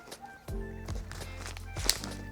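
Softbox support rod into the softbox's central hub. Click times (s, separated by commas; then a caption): 1.9 s. A support rod of a 30 cm Ulanzi AS-D30 octagonal softbox is pressed down into the softbox's central hub. Over steady low background tones and a few soft handling taps, it snaps into place with a sharp, bright click at 1.9 s, and the rod is seated.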